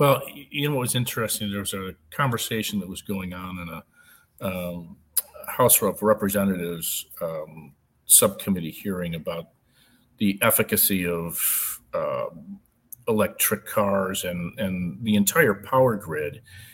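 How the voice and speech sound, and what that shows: One adult man speaks fluently in a low voice, about 100 Hz, with natural pitch movement, clear consonants and ordinary pauses between phrases. The speech is typical, with no stuttering, slurring or voice quality problem.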